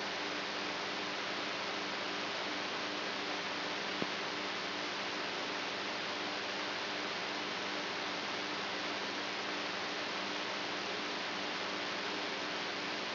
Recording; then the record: brain microelectrode recording played as sound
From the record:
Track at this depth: inside the subthalamic nucleus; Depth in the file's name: 5.112 mm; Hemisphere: right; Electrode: 3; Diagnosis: Parkinson's disease